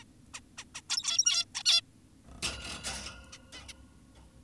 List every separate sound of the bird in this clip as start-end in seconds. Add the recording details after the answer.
0.02-0.04, 0.34-0.40, 0.58-0.64, 0.75-0.82, 0.90-1.45, 1.55-1.63, 1.66-1.82, 3.32-3.38, 3.53-3.61, 3.69-3.74. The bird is an adult. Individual g17y2U